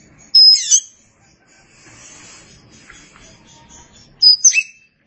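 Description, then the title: Oriental magpie-robin giving two brief bursts of very high, sharp notes several seconds apart. Chirping song. "Suara Kicauan Burung Kacer"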